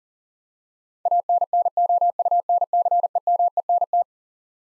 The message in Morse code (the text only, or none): ANNOUNCEMENT